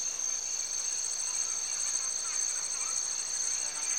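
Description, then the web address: Insects in a steady, shrill high-pitched chorus with fast pulsing bands, droning without pause through the whole stretch. Recorded in Cameroon, Africa. "BBC Sound Effects Library. Cameroun, Turaco Birds, Insects"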